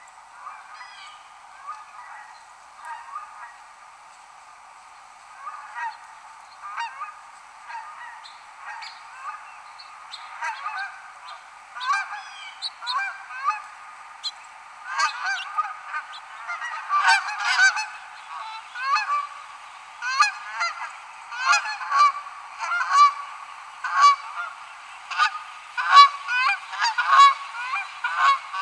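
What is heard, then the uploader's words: Canada geese honk in a busy, overlapping chorus that starts sparse and grows louder and denser after about twelve seconds, with constant calling. Canada Goose. Yard: Common to abundant flyover during non-breeding season.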